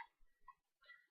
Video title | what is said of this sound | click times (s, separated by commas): Transformers, Energon, Unicron review | so with a nice little click there a little bit of click action not too much a | 0.5 s